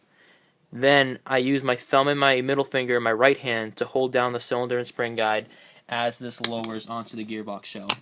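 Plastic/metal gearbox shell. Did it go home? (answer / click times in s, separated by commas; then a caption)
no / none. The upper half of an airsoft gearbox shell is lowered onto the lower half while the cylinder and spring guide are held down with the thumb and middle finger of the right hand. Someone talks throughout. Nothing has seated or clicked yet.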